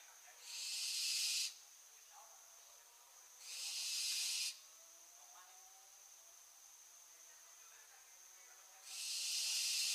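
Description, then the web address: Barn owl producing broad harsh hisses, two close together then a long pause before a third. "Schleiereule - Schleiereule - Tyto alba"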